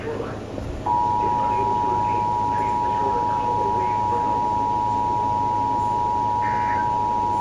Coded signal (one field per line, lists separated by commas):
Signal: Emergency Alert System (SAME) tones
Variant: 853 and 960 Hz attention tone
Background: speech